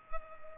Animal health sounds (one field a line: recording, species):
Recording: mosquito wingbeat signal from an infrared sensor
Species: Culex pipiens